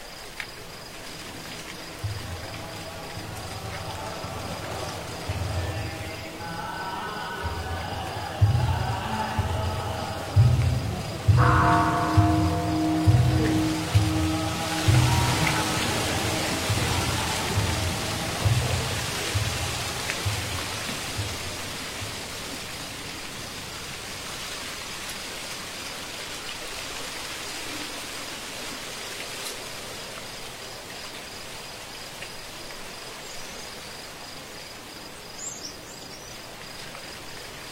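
At a temple at night, regular wooden fish knocks with low chanting tones fill the first twenty seconds, then fade into steady insect hiss.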